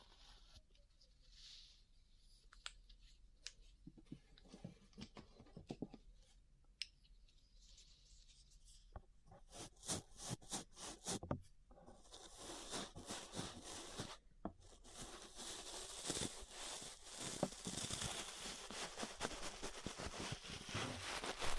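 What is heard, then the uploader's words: Brushing against an ear, starting with soft scattered strokes and growing into dense, loud, scratchy rubbing with sharp crackles through the second half. ASMR Relaxing 3Dio Ear Brushing (No Talking).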